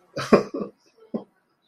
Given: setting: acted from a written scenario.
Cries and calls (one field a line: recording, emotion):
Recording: vocal sound without words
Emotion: sadness